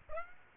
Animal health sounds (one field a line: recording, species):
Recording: mosquito wingbeat signal from an infrared sensor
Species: Aedes aegypti